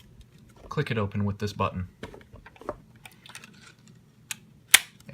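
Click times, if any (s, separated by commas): 4.8 s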